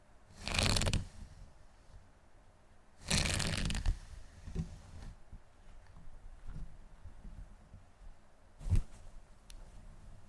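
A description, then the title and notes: Hair is brushed in slow, separate strokes. Two long, bright bristly sweeps land near the start and around three seconds, with a shorter sharp stroke near nine seconds. Between them come soft rustles and faint handling. ASMR HEAHAIR Wig Review Hair Play & Hair Brushing.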